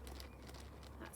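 Fingers run along the plastic zip-lock track of a small sandwich bag holding baking soda, pressing the seal closed. Short, soft plastic clicks are heard at about 0.1, 0.2, 0.9 and 1.1 seconds over a low steady hum. The bag clicks into place and is sealed.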